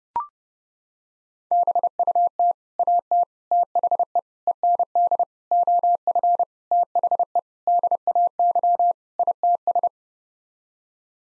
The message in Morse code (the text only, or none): BUT AT THE END OF THE DAY ITS